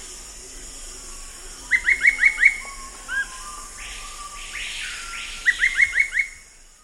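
Dull-capped attila calls: a quick run of five rising whistled notes, a short whistle, then a second rising run near the end, over a steady high hiss.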